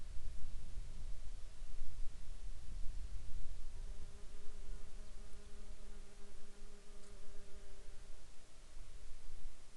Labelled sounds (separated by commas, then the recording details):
insects
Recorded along the Dempster Highway, Canada, on 28 July 2019 at 18:06
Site 23